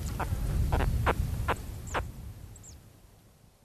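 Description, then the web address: Spectacled caiman chirps: five quick descending calls in the first two seconds, then fading to quiet with a couple of faint high squeaks. "earth naturelibrary assets s sp spectacled caiman"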